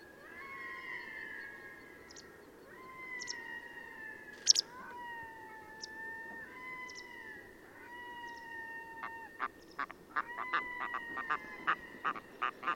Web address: chant xeno-canto plongeon catmarin